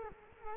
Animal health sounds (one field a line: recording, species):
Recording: mosquito wingbeat signal from an infrared sensor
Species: Culex quinquefasciatus